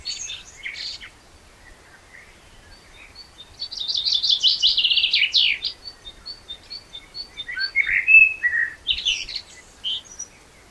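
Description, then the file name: Common blackbird singing, with high twittering notes, a dense rattling burst, then mellow fluted warbles and a squeaky flourish. "Turdus merula"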